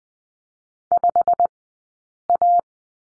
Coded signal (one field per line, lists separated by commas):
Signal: Morse code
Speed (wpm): 20 wpm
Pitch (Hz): 700 Hz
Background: none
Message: 5A